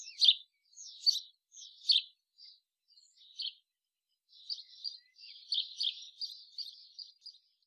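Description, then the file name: House sparrow chirps: a few loud clipped notes at the start, a brief pause, then a rapid chattering run of softer chirps. "Passer domesticus"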